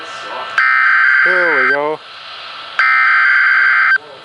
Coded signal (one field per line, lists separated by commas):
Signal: Emergency Alert System (SAME) tones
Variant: header bursts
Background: speech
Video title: NOAA - Severe T-Storm Warning (EAS #1,265)